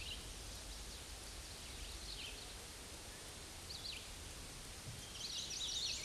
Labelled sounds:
Hooded Warbler song
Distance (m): 65 m
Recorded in a Pennsylvania forest on 18 May 2023 at 10:58
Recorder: AudioMoth, point grid1_12_low
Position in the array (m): 235 m, 146 m

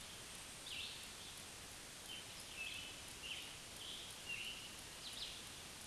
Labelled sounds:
Scarlet Tanager song
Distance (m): 65 m
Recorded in a Pennsylvania forest on 1 June 2023 at 05:54
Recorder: AudioMoth, point grid3_7_high
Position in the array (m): 131 m, 5 m

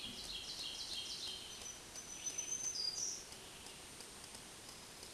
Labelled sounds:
Black-throated Green Warbler song
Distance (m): 20 m
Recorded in a Pennsylvania forest on 1 June 2023 at 08:58
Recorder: AudioMoth, point grid3_34_high
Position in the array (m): 213 m, 138 m

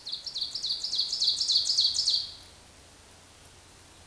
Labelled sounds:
Ovenbird song
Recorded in a Pennsylvania forest on 17 May 2023 at 14:07
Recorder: AudioMoth, point grid1_7_low
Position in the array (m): 165 m, 55 m

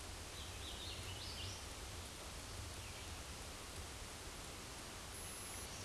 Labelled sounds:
Hooded Warbler song
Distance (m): 65 m
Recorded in a Pennsylvania forest on 18 May 2023 at 10:15
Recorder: AudioMoth, point grid1_22_low
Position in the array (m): 229 m, 139 m

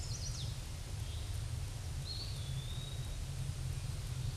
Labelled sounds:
Eastern Wood-Pewee song
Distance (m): 25 m
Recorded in a Pennsylvania forest on 18 May 2023 at 06:19
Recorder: AudioMoth, point grid1_19_low
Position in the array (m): 74 m, 199 m

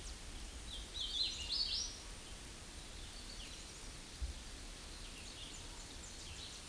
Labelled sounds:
Hooded Warbler song
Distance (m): 15 m
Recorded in a Pennsylvania forest on 18 May 2023 at 08:03
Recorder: AudioMoth, point grid1_9_low
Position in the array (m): 54 m, 116 m

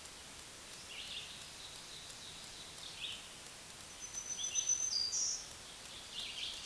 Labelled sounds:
Black-throated Green Warbler song
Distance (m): 20 m
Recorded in a Pennsylvania forest on 1 June 2023 at 07:52
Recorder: AudioMoth, point grid3_11_low
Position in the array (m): 220 m, 107 m

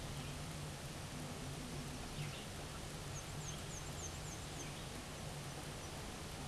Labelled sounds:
Black-and-white Warbler song
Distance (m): 90 m
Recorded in a Pennsylvania forest on 17 May 2023 at 14:15
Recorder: AudioMoth, point grid1_10_low
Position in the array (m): 47 m, 219 m

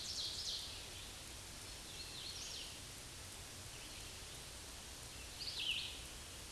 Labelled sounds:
Hooded Warbler song
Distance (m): 65 m
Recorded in a Pennsylvania forest on 18 May 2023 at 09:22
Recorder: AudioMoth, point grid1_6_low
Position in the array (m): 178 m, 107 m

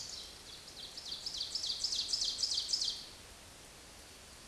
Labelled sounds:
Ovenbird song
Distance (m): 25 m
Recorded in a Pennsylvania forest on 18 May 2023 at 05:57
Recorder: AudioMoth, point grid1_26_low
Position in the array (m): 160 m, 16 m

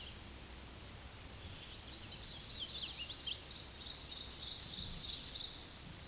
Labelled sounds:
Black-and-white Warbler song
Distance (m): 35 m
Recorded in a Pennsylvania forest on 19 May 2023 at 10:37
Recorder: AudioMoth, point grid1_4_low
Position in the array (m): 87 m, 64 m

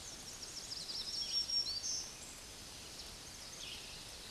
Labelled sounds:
Black-throated Green Warbler song
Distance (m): 30 m
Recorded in a Pennsylvania forest on 20 May 2023 at 06:05
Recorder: AudioMoth, point grid1_19_low
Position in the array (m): 85 m, 178 m

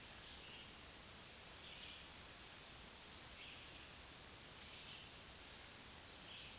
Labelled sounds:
Black-throated Green Warbler song
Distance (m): 50 m
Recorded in a Pennsylvania forest on 1 June 2023 at 06:11
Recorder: AudioMoth, point grid3_21_low
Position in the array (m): 242 m, 132 m

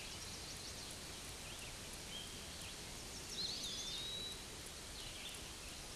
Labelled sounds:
Eastern Wood-Pewee song
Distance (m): 75 m
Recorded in a Pennsylvania forest on 18 May 2023 at 09:37
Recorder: AudioMoth, point grid1_16_low
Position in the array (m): 177 m, 174 m

